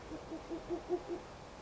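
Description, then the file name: Owl hooting, a quick run of six short, soft, low hoots that swell in loudness toward the middle and fade, over a steady background hiss. "fukuro 180225"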